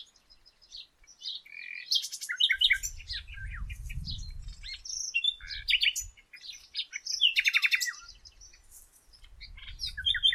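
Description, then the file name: Common nightingale song, rich varied phrases of chirps, whistles and rapid buzzy trills with short pauses, plus low rumbling noise bursts in the background. "Luscinia megarhynchos"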